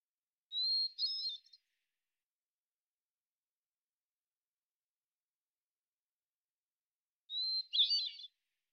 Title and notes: Hermit Thrush, Catharus guttatus, individual performance, song sequence with an end block of example 8 basic phonemes and variants, isolated from original, natural pace and rhythm maintained Recorded in the beautiful Pacific Northwest, Washington, United States